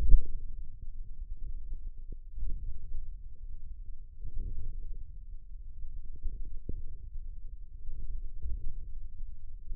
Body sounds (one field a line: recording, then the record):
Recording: forearm muscle sounds (acoustic myography)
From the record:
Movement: radial deviation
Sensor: system 1, eight BSWA MPA416 microphones around the upper forearm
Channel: 6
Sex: male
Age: 54 years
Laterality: right